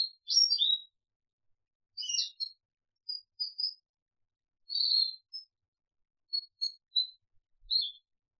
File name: audio kenari jambul